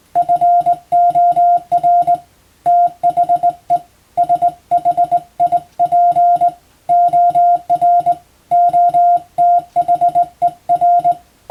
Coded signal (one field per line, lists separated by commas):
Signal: Morse code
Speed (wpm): 21 wpm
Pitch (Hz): 700 Hz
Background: music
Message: FOR THE SHIP OR OTHER